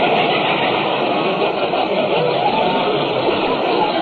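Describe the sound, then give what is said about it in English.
A steady, dense engine rumble with a rough, rattling texture runs continuously at an even loudness: the motor of Jack Benny's old jalopy car, driven by Rochester, barely crawling along. No one speaks over it. “He's doing the best he can with this jalopy.”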